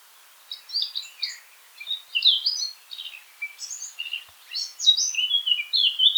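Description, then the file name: Eurasian blackcap song in short warbled phrases separated by tiny gaps, mixing scratchy twitters with clearer, higher whistled notes that grow louder near the end. "Sylvia atricapilla"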